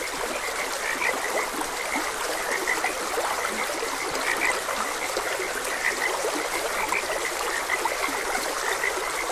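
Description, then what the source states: Frogs calling in short bursts and clusters of notes, with trickling, flowing stream water heard throughout. Frogs croaking beside a gentle stream.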